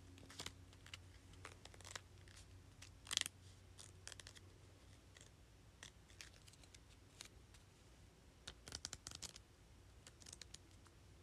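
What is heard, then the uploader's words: Sticky notes are flipped and tapped in a loose series of short, crisp papery flicks scattered through the whole stretch. The loudest bursts come near three seconds and again around nine seconds, over a faint steady low hum. Flipping and tapping sticky notes.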